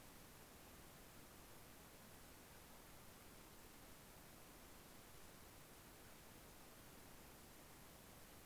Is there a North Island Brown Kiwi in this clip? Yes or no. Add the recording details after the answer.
no. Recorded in New Zealand on 14 February 2013. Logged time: 02:13. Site DH65